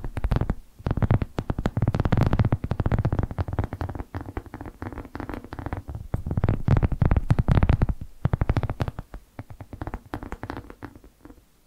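ASMR tapping: a dense, quick run of sharp taps and clicks carrying on through the whole twelve seconds, sometimes in fast bursts and sometimes spaced out. Under the taps runs a low, thumping rumble that swells and fades, and it is quietest near the end.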